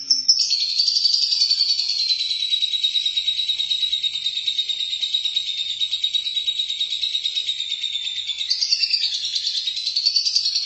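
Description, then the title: Lovebird song: a sustained rapid trilling chatter, steady in pitch for several seconds before rising and falling at the close. "Suara Burung Lovebird"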